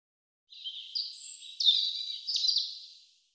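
European robin song: a single liquid, high-pitched phrase of thin whistles and rapid twittering notes, about two and a half seconds long, in otherwise quiet surroundings.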